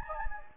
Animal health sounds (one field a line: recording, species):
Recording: mosquito wingbeat signal from an infrared sensor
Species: Anopheles gambiae